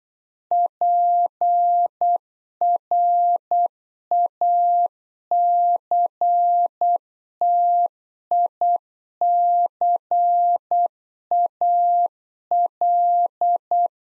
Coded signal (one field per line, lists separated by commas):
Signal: Morse code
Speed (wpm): 8 wpm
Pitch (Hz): 700 Hz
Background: none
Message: PRACTICAL